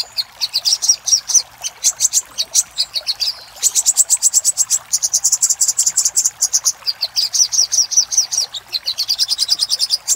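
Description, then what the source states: Little spiderhunter song: long, dense series of high, sharp chips in rattling runs with only brief gaps. Master recording used for training cage birds.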